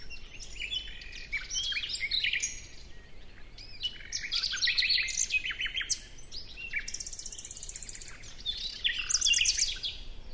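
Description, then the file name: Common nightingale in continuous varied song, tumbling chips, whistles and a sustained high buzzy trill, over low steady noise. "Luscinia megarhynchos"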